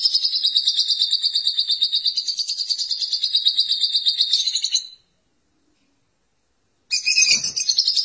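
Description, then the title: Lovebird song: a high, buzzy chattering trill runs for about five seconds, cuts to silence, then resumes with a sharp burst. "BM Suara Burung Lovebird"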